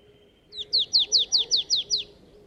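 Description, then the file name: Marsh tit giving a quick run of eight clear, downward-slurred high notes, evenly spaced and lasting about one and a half seconds, against faint low rumble. "Poecile palustris"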